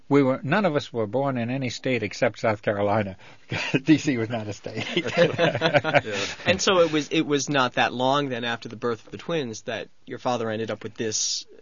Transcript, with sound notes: we were, none of us were born in any state except South Carolina. D.C. was not a state. (they laugh)
And so it was, it was not that long then after the birth of the twins that your father ended up with this...